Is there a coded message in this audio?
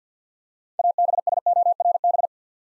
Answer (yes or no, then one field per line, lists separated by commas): yes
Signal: Morse code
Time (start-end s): 0.8-2.3 s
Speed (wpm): 50 wpm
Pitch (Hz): 700 Hz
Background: none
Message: ABSORB